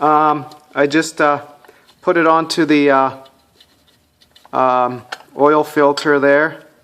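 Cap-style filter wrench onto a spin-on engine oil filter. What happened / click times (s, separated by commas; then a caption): The filter wrench is being fitted but has not clicked home yet / none. Someone talks while placing a cap-style oil filter wrench by hand onto the end of a spin-on engine oil filter on a 2011 Suzuki SX4. During a pause in the talk, faint short ticks of handling come at about 3.6, 4.2 and 4.4 seconds. The wrench has not clicked into place or seated on the filter yet.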